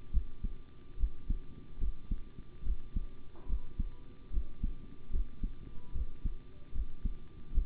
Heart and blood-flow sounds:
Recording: heart sounds by stethoscope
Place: between the tricuspid and mitral areas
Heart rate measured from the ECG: 73 bpm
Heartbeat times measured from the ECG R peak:
0.12 s: heartbeat
0.97 s: heartbeat
1.79 s: heartbeat
2.64 s: heartbeat
3.47 s: heartbeat
4.31 s: heartbeat
5.11 s: heartbeat
5.93 s: heartbeat
6.73 s: heartbeat
7.52 s: heartbeat
From the record:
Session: rest, sitting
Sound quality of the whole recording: good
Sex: male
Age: 25 years

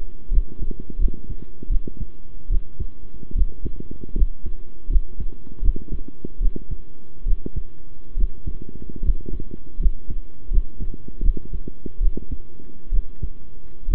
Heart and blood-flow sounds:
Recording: heart sounds by stethoscope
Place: between the tricuspid and mitral areas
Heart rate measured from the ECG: 75 bpm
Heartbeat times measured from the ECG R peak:
0.30 s: heartbeat
0.98 s: heartbeat
1.69 s: heartbeat
2.49 s: heartbeat
3.34 s: heartbeat
4.15 s: heartbeat
4.89 s: heartbeat
5.61 s: heartbeat
6.40 s: heartbeat
7.25 s: heartbeat
8.16 s: heartbeat
9.02 s: heartbeat
9.79 s: heartbeat
10.50 s: heartbeat
11.22 s: heartbeat
12.00 s: heartbeat
12.91 s: heartbeat
13.87 s: heartbeat
From the record:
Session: rest, sitting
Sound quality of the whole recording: good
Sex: male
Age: 23 years

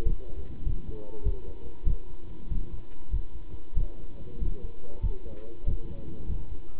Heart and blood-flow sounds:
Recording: heart sounds by stethoscope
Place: between the tricuspid and mitral areas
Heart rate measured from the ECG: 96 bpm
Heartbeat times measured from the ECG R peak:
0.06 s: heartbeat
0.66 s: heartbeat
1.25 s: heartbeat
1.86 s: heartbeat
2.51 s: heartbeat
3.12 s: heartbeat
3.76 s: heartbeat
4.41 s: heartbeat
5.03 s: heartbeat
5.67 s: heartbeat
6.29 s: heartbeat
From the record:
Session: pedaling a stationary bicycle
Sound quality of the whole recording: good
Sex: male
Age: 27 years

